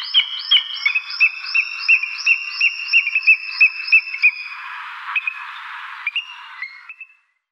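Booted eagle calling, a fast run of shrill, ringing notes repeated about three times a second, slowing and fading into a few scattered notes near the end.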